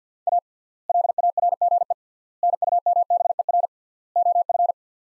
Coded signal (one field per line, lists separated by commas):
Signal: Morse code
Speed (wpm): 50 wpm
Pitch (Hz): 700 Hz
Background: none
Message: A LARGE NUMBER OF